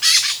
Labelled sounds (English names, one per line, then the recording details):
Brown-throated Parakeet contact call
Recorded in Venezuela
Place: Guárico; Corozopando; Fundo La Fe
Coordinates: 8.506, -67.593